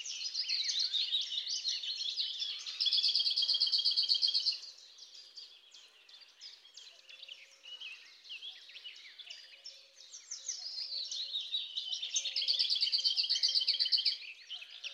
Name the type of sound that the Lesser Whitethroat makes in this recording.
song